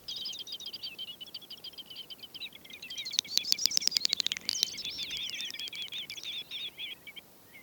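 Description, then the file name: Great snipe display: a continuous bubbling chatter of high twittering notes, building midway into a burst of dense sharp clicks, then trailing off in warbling chirps. "great snipe - gallinago media"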